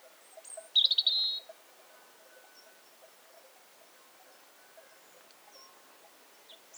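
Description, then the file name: European robin, a single short fast trill of high notes, then mostly quiet with faint background hiss. "Erithacus rubecula"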